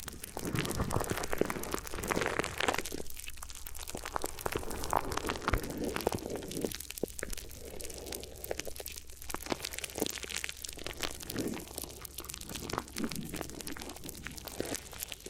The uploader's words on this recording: ASMR Addictive Crinkly Ear Massage (No Talking).